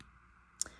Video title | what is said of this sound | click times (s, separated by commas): Happy Mail - Unboxing Francesca’s Studio Works | But I do like that it locks in place because that's a really good safety hazard | 0.6 s